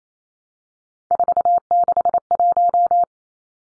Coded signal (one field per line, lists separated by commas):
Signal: Morse code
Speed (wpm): 28 wpm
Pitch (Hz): 700 Hz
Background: none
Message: 461